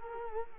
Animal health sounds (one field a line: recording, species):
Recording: mosquito wingbeat signal from an infrared sensor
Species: Culex quinquefasciatus